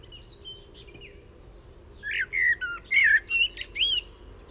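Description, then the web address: Common blackbird: faint high twitters at first, then a loud phrase of fluted, slurred whistles ending in squeaky high notes. "SETE data Turdus merula"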